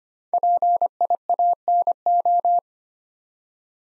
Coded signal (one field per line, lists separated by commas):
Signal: Morse code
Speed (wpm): 25 wpm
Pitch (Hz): 700 Hz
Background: none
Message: PIANO